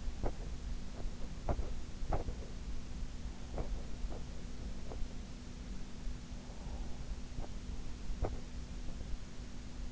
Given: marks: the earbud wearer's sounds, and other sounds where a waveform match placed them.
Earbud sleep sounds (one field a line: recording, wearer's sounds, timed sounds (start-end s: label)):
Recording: sounds in sleep by an in-ear microphone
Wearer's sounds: teeth grinding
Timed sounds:
0.00-5.19 s: teeth grinding
7.36-8.62 s: teeth grinding